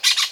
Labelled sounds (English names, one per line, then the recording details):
Brown-throated Parakeet contact call
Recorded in Venezuela